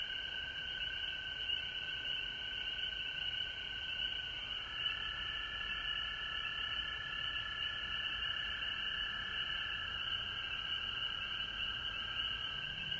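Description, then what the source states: Frogs in a sustained chorus of high, ringing trills, with a lower tone joining midway and continuing to the end. Recorded at home in Georgia on March 19, 2020.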